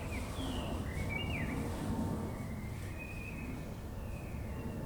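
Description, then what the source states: Bird calls: thin whistled slurs, some rising, some falling, given as several brief notes over a steady low rumble of engine-like noise. Recorded together with plane noise.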